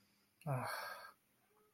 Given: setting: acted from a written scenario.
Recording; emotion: vocal sound without words; disappointment